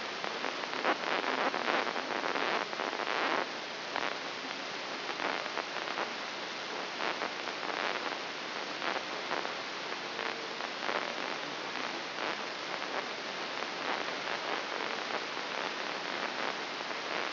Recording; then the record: brain microelectrode recording played as sound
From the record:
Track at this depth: inside the subthalamic nucleus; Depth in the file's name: 5.705 mm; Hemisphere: left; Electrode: 3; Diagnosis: Parkinson's disease